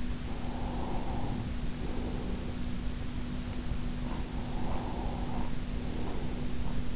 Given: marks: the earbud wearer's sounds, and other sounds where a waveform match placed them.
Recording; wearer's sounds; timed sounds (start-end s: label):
sounds in sleep by an in-ear microphone; breath
0.60-2.95 s: breath
3.38-6.95 s: sound from someone else or the room
4.11-6.77 s: breath